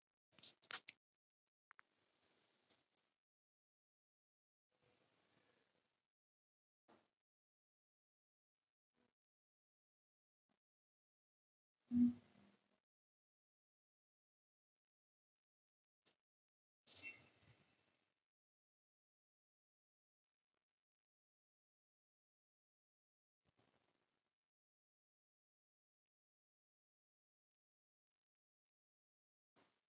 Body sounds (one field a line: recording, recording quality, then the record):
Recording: deep breathing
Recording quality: poor, much background noise or distortion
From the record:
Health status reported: healthy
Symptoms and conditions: none ticked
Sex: male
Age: 52 years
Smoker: not ticked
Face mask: not worn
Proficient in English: yes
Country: India